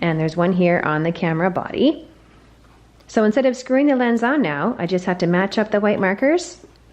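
A camera lens fitted with a quick-release adapter is lined up by its white markers with the mount on the camera body while someone talks throughout. Speech fills most of the clip, with a pause around 2 to 3 s and a faint sharp tick at 6.8 s. The lens is handled but nothing has seated or clicked into place yet.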